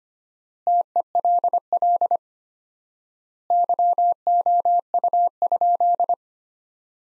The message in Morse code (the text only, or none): TELL YOU?